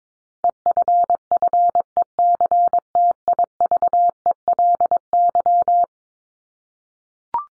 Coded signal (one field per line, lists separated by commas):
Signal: Morse code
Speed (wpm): 22 wpm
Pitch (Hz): 700 Hz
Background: none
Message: EFFECTIVELY